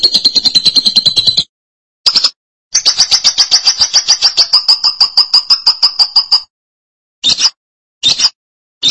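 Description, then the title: Lovebird song in bursts: a fast shrill trill, a short burst, a long steady rattling run, then three brief clipped chirps. "BM Suara Burung Lovebird"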